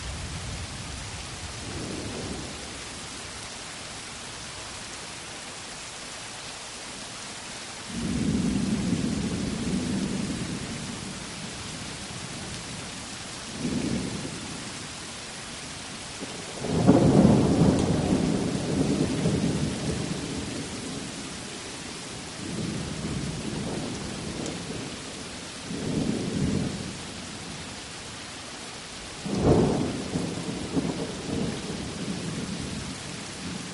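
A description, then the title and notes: A nighttime storm with steady rain hissing in the background while low thunder rolls through again and again. Deep rumbles swell around 8, 17, 23 and 30 seconds, the loudest near 17 and 30 with sharper cracks, then fade back to the even rain. 8 Hours of Nighttime Storm and Soothing Rain for Sleep Aid. The rhythmic patterns of rain and the gentle rumblings of storms. The enveloping ambiance of nighttime storms and soothing rain.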